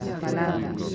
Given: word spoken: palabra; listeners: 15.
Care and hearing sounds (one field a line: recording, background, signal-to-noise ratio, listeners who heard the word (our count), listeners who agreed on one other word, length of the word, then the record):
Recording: one Spanish word in noise, from a listening test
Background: eight-talker babble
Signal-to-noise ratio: -3.6 dB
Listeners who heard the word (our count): 1 of 15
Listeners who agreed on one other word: 13 of 15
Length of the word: 0.55 s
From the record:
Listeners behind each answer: 13, 1, 1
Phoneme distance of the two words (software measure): 7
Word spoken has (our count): 3 syllables, 7 phonemes, stress on syllable 2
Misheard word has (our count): 3 syllables, 8 phonemes, stress on syllable 2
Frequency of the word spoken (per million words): 151.35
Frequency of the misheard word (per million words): 219.48